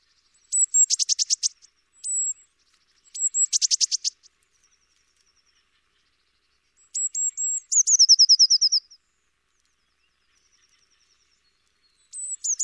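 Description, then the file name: Eurasian blue tit: thin high notes each followed by a fast buzzy trill, in several phrases, and a bright falling trill. "Cyanistes caeruleus"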